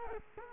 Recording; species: mosquito wingbeat signal from an infrared sensor; Culex quinquefasciatus